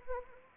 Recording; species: mosquito wingbeat signal from an infrared sensor; Anopheles arabiensis